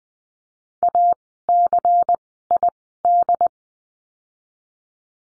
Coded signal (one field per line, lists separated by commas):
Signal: Morse code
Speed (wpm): 20 wpm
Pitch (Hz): 700 Hz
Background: none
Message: ACID